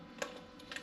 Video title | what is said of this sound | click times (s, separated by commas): CUSTOMER STATES ENGINE IS RUNNING ROUGH! HOW TO REPLACE SPARK PLUGS & COILS ON A CHRYSLER 3.6L V6 | These don't have the lockers on there, guys. Make sure you hear the click and pull on the connector. | 0.2 s, 0.7 s